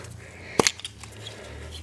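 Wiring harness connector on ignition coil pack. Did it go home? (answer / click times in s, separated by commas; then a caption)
released / 0.6 s, 0.7 s. A plastic latch on the wiring harness connector of an ignition coil pack, from a Mk6 1.8 Jetta during a spark plug and coil pack replacement, is released. It gives two sharp clicks at 0.6 s and 0.7 s as it pops up, snaps up, and is pried off. The connector comes off the coil pack, and no one talks during the clip.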